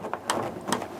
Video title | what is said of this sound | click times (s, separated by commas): The Grumman Tiger | just guide the two pins back into these holes and then click and when they're flush it's closed | 0.3 s